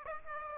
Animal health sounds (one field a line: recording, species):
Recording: mosquito wingbeat signal from an infrared sensor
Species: Aedes aegypti